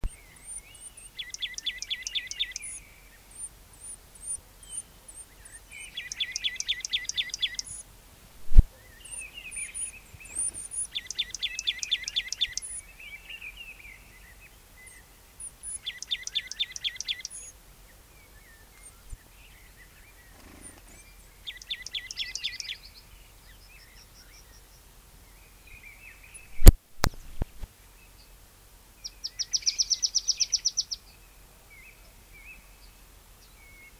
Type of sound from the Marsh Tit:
song